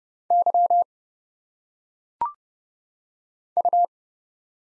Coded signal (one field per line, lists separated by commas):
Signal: Morse code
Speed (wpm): 30 wpm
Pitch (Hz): 700 Hz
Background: none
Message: Y U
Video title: Single Letters - Phonetic Pronunciation - 30wpm